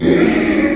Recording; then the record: squeal of a Yucatan mini pig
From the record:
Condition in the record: after surgery on the right vocal fold (resection and tissue-engineered implant); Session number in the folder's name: 2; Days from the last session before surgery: 13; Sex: male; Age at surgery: 12 weeks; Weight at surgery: 13 kg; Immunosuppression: cyclosporine, prednisolone